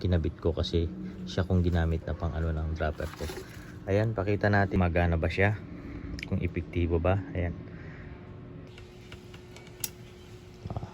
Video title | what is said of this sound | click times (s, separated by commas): HOW TO DIY BROKEN DROPPER POST CONTROLLER | Shift mo na siya, nag-click na siyang ganon, umangat na to. | 9.8 s